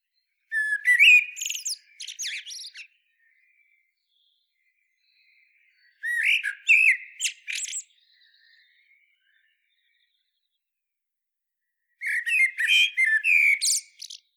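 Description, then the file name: Common blackbird singing three phrases roughly six seconds apart, each opening with mellow whistled notes and ending in a rapid, high, squeaky twitter. "Turdus merula"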